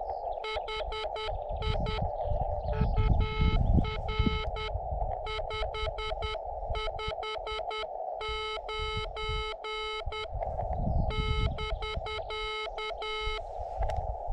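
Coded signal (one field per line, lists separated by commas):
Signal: Morse code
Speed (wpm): 10 wpm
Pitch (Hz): 430 Hz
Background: none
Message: HI UR 559 <BK>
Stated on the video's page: Morse heard during a Summits On The Air activation of three summits in Arizona's White Mountains.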